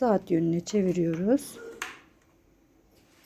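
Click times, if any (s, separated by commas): 1.8 s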